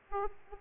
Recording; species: mosquito wingbeat signal from an infrared sensor; Aedes aegypti